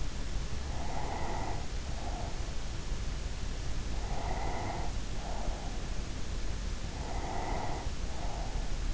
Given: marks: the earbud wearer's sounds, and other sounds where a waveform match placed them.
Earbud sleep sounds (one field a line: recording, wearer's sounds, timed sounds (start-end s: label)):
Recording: sounds in sleep by an in-ear microphone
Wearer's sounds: breath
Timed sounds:
0.43-2.83 s: breath
4.06-5.89 s: breath
6.86-8.94 s: breath